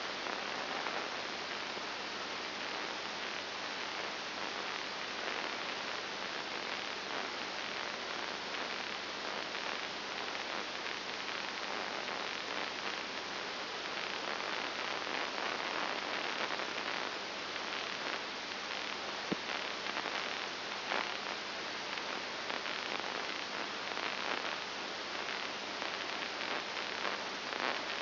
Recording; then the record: brain microelectrode recording played as sound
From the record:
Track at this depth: inside the subthalamic nucleus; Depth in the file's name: 5.301 mm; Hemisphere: left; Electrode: 2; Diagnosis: Parkinson's disease